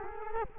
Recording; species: mosquito wingbeat signal from an infrared sensor; Culex quinquefasciatus